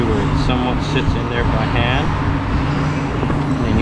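A valve stem seal is set by hand onto a valve guide in a cylinder head so it somewhat sits in place, before it is to be tapped home with a valve seal install tool, a 12 mm deep impact socket and an extension. Someone talks over a steady, dense background noise with no sharp impacts. Nothing has seated or clicked yet.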